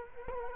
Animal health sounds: mosquito wingbeat signal from an infrared sensor; Culex quinquefasciatus

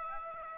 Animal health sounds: mosquito wingbeat signal from an infrared sensor; Aedes aegypti

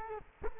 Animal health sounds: mosquito wingbeat signal from an infrared sensor; Culex quinquefasciatus

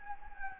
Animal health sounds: mosquito wingbeat signal from an infrared sensor; Anopheles gambiae

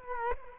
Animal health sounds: mosquito wingbeat signal from an infrared sensor; Culex quinquefasciatus

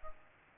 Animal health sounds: mosquito wingbeat signal from an infrared sensor; Aedes albopictus

